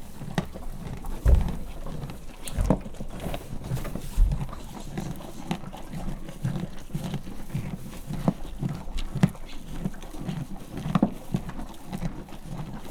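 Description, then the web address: Horse munching, with low chewing noises and a few heavier hoof thuds early on, over steady farmyard background rumble. Farmyard; horse eating corn and stamping its hoof. "lo kukoricatesziklabavaldobbant fecske"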